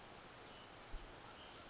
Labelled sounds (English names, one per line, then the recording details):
Western Flycatcher
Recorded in Sonoma County, California